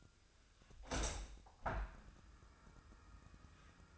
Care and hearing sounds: daily activity, microphone in the room; open window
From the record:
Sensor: 2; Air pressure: 1004.5 hPa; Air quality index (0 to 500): 86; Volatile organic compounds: 2 ppm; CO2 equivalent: 1024 ppm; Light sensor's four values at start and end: 6/14/5/6 and 6/14/5/6

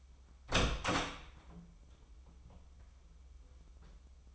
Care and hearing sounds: daily activity, microphone in the room; open door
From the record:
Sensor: 1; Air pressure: 996.1 hPa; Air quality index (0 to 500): 44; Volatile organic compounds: 1 ppm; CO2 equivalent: 913 ppm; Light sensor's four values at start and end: 14/33/14/16 and 14/34/14/16

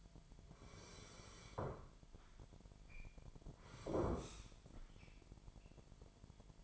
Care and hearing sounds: daily activity, microphone in the room; sit down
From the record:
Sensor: 5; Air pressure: 998.7 hPa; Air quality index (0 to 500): 96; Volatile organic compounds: 2 ppm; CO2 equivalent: 1098 ppm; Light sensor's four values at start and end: 29/72/30/34 and 29/72/30/34

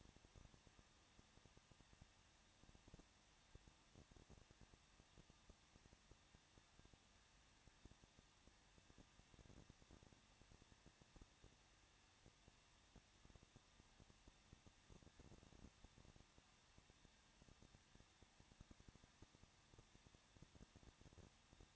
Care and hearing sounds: daily activity, microphone in the room; no activity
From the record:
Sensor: 3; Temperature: 21.2 degrees Celsius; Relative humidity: 36.2%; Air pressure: 1006.5 hPa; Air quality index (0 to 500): 220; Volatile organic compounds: 39 ppm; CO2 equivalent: 3127 ppm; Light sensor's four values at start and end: 2/3/2/2 and 2/3/2/2

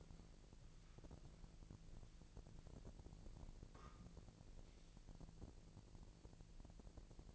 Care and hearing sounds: daily activity, microphone in the room; walk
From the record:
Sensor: 5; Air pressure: 1002.1 hPa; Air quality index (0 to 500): 244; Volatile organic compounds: 29 ppm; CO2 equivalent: 2927 ppm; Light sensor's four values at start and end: 33/79/33/36 and 33/79/33/36

